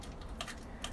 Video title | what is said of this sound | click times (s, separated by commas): Yuneec Breeze 4K Drone And FPV And Goggles Bundle Unboxing Review | that on clip it into place make sure it clicks right in guys otherwise your phone's gonna fall off now | 0.4 s, 0.8 s